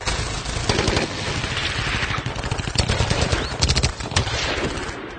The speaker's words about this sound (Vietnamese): Một loạt tiếng súng khá lớn liên tiếp nổ vang rền ở phía bờ sông